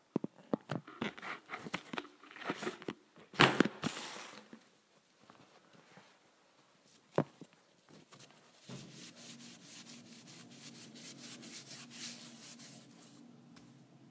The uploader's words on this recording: ASMR Cleaning the Counter with a Wipe.